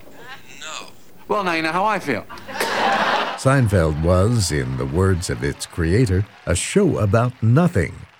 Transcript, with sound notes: “Uh, no.”
“Well, now you know how I feel.” [Audience laughter]
"Seinfeld" was, in the words of its creator, a "show about nothing."